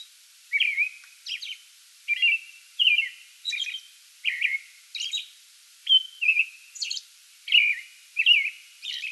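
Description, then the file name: American robin song bout: repeated liquid, downslurred phrases, often paired with thin, high, hissy notes. Song bout recorded 8 May 2022. "2022-05-08 American Robin song bout"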